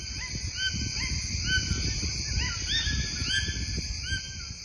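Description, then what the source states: Toucanets duetting: short yelping calls traded back and forth, over a steady high insect drone and low rumbling background. Toucanets calling to one another in a duet, heard from a tower above the tropical rainforest canopy.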